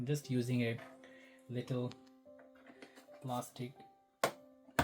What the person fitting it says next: as you can hear the clicks just coming off gradually.